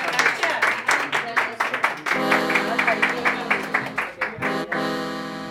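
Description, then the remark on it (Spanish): An audience applauds with loud, rhythmic claps throughout, joined after about two seconds by a sustained tonal sound like music or singing. “Bueno, un aplauso.”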